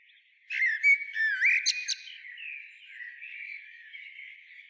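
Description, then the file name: Common blackbird singing one phrase: mellow warbled notes mixed with rapid thin, high twittering, followed by quieter background sound. "Turdus merula"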